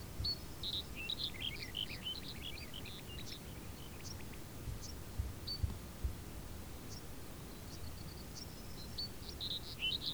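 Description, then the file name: Birds chirping and twittering in quick high bursts, clustered at the start and end, over a constant low background rumble. Birds in a field, background ambience. "Background of a Field with Birds"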